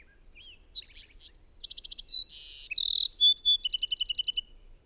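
Bird delivering a complex high song of whistled slurs, rattling trills and a hoarse buzz, finishing with a fast string of repeated notes.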